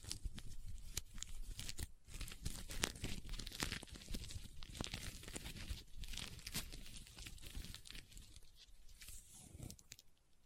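Leather being tapped and scratched, a dense run of dry crinkly scrapes with sharp taps scattered throughout, thinning slightly near the end.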